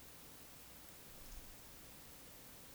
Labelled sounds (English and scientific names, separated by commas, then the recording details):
Eurasian Woodcock (Scolopax rusticola) whistle
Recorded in Baden-Württemberg, Germany, on 11 June 2021 at 20:25 UTC
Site 24608, 624 m above sea level